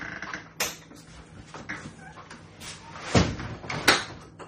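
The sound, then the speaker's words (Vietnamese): Someone closes all the doors one after another: sharp wooden knocks and thuds spaced irregularly, with the loudest two bangs coming near the end over a low background hum. “Giờ tôi đóng cửa hết đi nha.”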